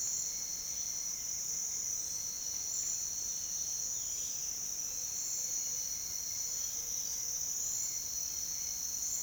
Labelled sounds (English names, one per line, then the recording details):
none
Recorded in secondary vegetation near Puerto Asís, Putumayo, Colombia, on 22 June 2025 at 07:30
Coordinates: 0.485, -76.322
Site GP06